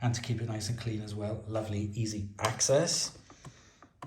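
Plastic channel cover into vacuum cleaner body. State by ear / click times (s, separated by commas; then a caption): seated / 4.0 s. Someone talks over faint handling noise while refitting the plastic channel cover into the body of a SEBO Dart 3 upright vacuum cleaner, inserting one end first. A few small taps follow the speech, and a sharp click at 4.0 s is the cover seating into place.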